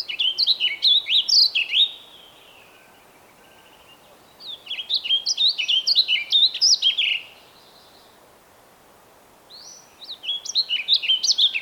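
Songbird: three phrases of rapid, high, twittering notes with quiet breaks of about two seconds between them.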